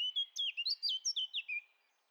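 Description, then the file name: Eurasian blackcap song fragment: a quick string of rich, clear whistled notes that rise and fall. "Sylvia atricapilla"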